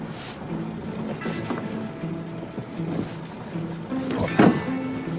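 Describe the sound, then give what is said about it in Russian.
A car engine idles with a steady, low droning hum and faint mechanical rattle, swelling briefly into a louder, rougher burst near the end before being switched off. “Сейчас, конечно, машину заглушу.”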